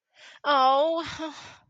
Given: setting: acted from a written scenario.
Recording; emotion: vocal sound without words; distress